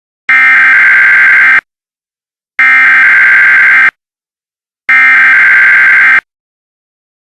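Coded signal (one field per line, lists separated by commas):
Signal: Emergency Alert System (SAME) tones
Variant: header bursts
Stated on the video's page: Fictional EAS scenario made by a hobbyist.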